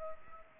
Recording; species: mosquito wingbeat signal from an infrared sensor; Aedes aegypti